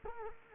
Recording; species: mosquito wingbeat signal from an infrared sensor; Culex quinquefasciatus